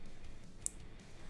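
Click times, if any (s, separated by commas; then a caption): 0.7 s. Another metal terminal is slid into a plastic L72A8 automotive connector housing and latches with a short, sharp click at 0.7 s, heard over a low background hum. The click shows the terminal is seated and secured.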